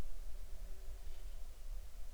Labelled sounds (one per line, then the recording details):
insects
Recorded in the Arctic National Wildlife Refuge, Alaska, on 20 July 2019 at 02:57
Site 38